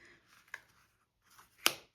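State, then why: Seated. The magnetic flap closure on a handmade paper mini album is closed a second time, with soft paper handling and a faint tick near 0.5 s. The flap snaps shut with a sharp, bright click at 1.7 s, and the closure seats.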